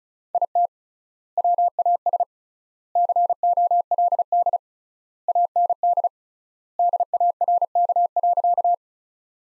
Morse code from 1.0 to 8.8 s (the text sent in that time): WAS COLD AND DARK.